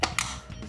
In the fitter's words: Ah, hasta que hace clic. Y con eso ya lo tenemos puesto.